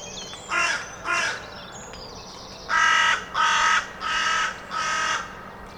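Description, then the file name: Carrion crow giving six harsh caws, two shorter ones then four longer ones, while small birds chirp and twitter in the background. "Corvus corone"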